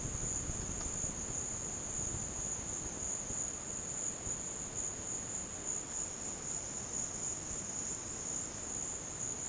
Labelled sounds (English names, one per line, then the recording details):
none
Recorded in dense forest near Puerto Asís, Putumayo, Colombia, on 12 March 2025 at 15:00
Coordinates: 0.486, -76.317
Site G053